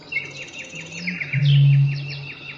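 Eurasian bittern boom, a single low hollow note after a brief hum, beneath a busy chorus of high repeated songbird notes.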